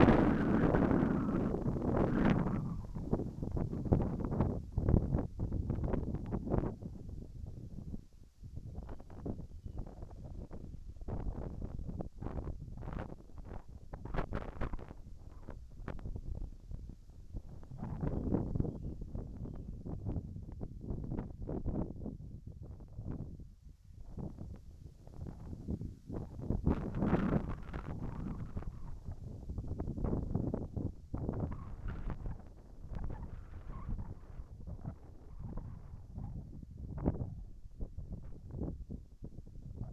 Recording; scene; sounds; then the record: everyday scene through a hearing-aid microphone; wind on the microphone; wind, whistling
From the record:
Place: in front of a rural house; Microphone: behind the ear, right, front